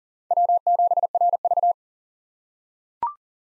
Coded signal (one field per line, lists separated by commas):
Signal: Morse code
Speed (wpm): 37 wpm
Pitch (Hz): 700 Hz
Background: none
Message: W7RV